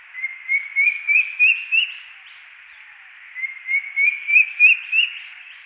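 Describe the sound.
Drongo-cuckoo song: a run of about six clear whistled notes climbing steadily in pitch, given twice with a short pause between runs.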